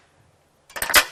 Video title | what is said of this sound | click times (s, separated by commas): How to Use an Extension Ladder | until they click and again you can visualize that they're both in there then you have a | 0.7 s, 0.8 s